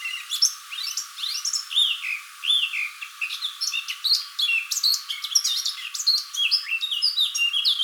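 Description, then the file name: Eurasian blackcap song, a rapid, continuous warble of high chirps, slurred whistles and sharp notes running without pause for the whole eight seconds. "Sylvia atricapilla"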